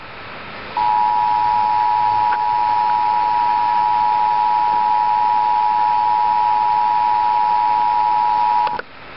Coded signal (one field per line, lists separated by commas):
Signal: Emergency Alert System (SAME) tones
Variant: 853 and 960 Hz attention tone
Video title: EAS Alert #44 Severe Thunderstorm Warning For Franklin, Wake, Wilson, Nash, Johnston Counties in NC